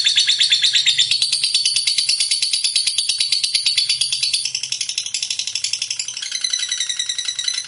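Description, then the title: Lovebird song, a fast, shrill pulsed chatter running continuously, slightly softer in its second half, with a faint low hum beneath. Lovebird described as 'fighter' and 'gacor'. "Berkat SUARA Lovebird FIGHTER GACOR Ini"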